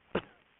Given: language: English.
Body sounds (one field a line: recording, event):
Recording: throat vibration sensor signal played as sound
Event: cough